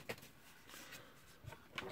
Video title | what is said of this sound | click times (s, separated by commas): AquaDrum Water Purification System Review | oh snapped right in there that was pretty nice | 1.8 s